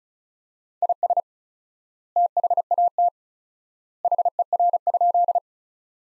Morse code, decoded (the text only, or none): IS THAT HER?